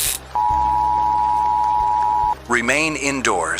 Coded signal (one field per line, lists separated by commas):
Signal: Emergency Alert System (SAME) tones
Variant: 853 and 960 Hz attention tone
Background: speech